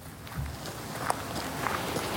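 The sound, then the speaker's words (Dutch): Footsteps of people walking outdoors in the middle of the Veluwe toward the Aardhuis, a dark brown wooden former hunting chalet of King Willem III; a steady crunching shuffle with a few sharper scuffs over a broad, airy background hiss, moderately loud and without any voices. “Nou, we lopen nu naar een prachtig donkerbruin houten chalet”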